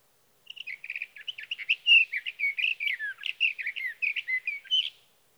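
Sage thrasher song beginning with a quick stutter of repeated notes, then a steady, rambling warble of slurred and whistled phrases for about four seconds.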